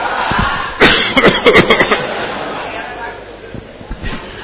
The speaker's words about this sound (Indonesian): Ngapusi ya batuknya ya.